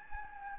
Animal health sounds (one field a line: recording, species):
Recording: mosquito wingbeat signal from an infrared sensor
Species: Anopheles gambiae